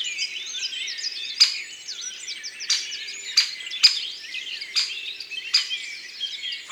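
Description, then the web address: Great spotted woodpecker sharp 'kik' notes, six loud clicks spaced irregularly, over a busy background of many chirping, warbling small birds. "Pic epeiche. album abc-de-la-nature"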